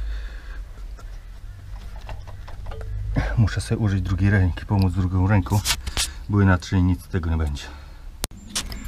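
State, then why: Not seated. Someone works the engine dipstick guide tube into the engine block by hand on a BMW E39, struggling and using the other hand to help. Faint handling knocks sound between about 1.0 and 2.8 s, someone talks, and a sharp brief snap comes at 8.2 s. The tube is only almost installed, so nothing has seated or clicked into place yet.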